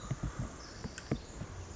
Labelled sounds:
Pacific Wren
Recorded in Sonoma County, California

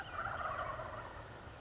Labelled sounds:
Wild Turkey
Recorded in Sonoma County, California

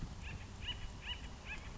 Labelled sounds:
Acorn Woodpecker
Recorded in Sonoma County, California

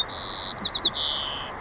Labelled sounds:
White-crowned Sparrow
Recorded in Sonoma County, California

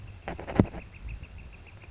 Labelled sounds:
Northern Flicker
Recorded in Sonoma County, California

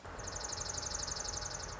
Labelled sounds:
Dark-eyed Junco
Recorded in Sonoma County, California

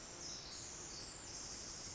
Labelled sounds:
Pacific Wren
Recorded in Sonoma County, California

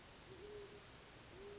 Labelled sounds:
Great Horned Owl
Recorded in Sonoma County, California

